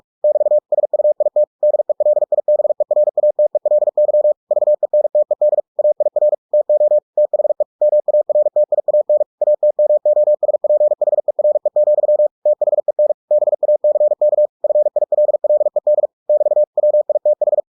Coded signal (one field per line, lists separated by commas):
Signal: Morse code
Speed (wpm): 46 wpm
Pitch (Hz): 600 Hz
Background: none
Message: <BT> SUIT DELIBERATELY VENTED AIR TO THE MARTIAN ATMOSPHERE, THEN BACK FILLED <BT> WITH